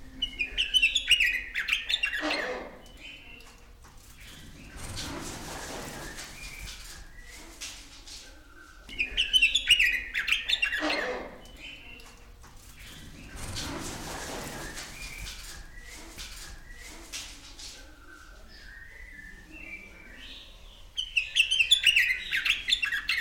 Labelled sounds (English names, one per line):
Wreathed Hornbill call